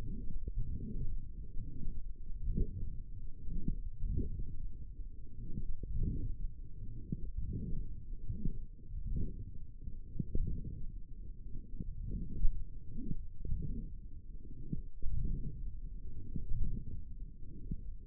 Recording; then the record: forearm muscle sounds (acoustic myography)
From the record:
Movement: forearm supination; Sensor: system 1, eight BSWA MPA416 microphones around the upper forearm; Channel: 1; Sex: male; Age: 21 years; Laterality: right